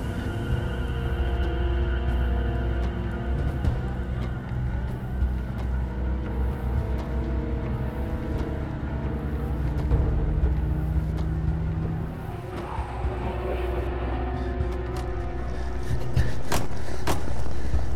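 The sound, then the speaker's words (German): A car engine roars and drones steadily as a car with two people inside speeds off from a lake after they pushed another car into the water, its tone shifting as it revs, with a few sharp knocks and clatters toward the end. “Jetzt türmt der andere Wagen.”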